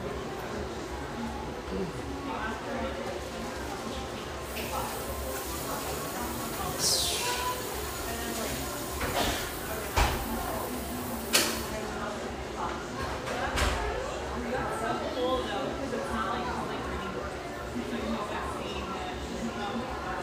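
Café ambience with a steady bed of overlapping conversation and murmuring voices throughout. A bright swish rises around seven seconds, and sharp clinks and knocks stand out near ten, eleven and a half, and thirteen and a half seconds.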